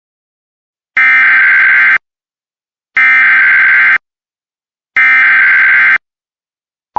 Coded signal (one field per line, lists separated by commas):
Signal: Emergency Alert System (SAME) tones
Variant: header bursts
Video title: EAS compilation (EAS 38-62) #happy4thofjuly!